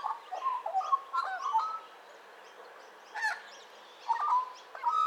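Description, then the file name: Australian magpie carolling with mellow warbled phrases, a harsh rasping burst midway, then more fluting notes resuming. "Australian Magpie Gymnorhina Tibicen Carroling"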